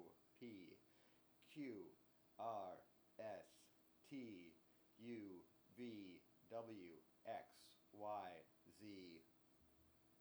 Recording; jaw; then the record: letters of the alphabet, spoken; free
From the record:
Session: seven days later